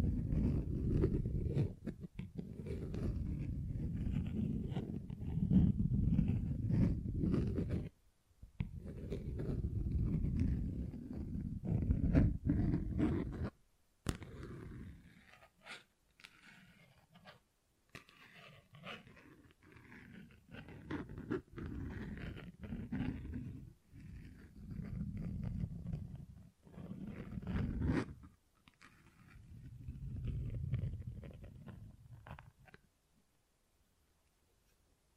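Tapping and scratching on textured surfaces, with dense, rough low rumbling scrapes in long stretches and sharp taps scattered throughout. The first fourteen seconds are thick and continuous, then the sound breaks into shorter bursts separated by brief silences, ending quietly near thirty-three seconds.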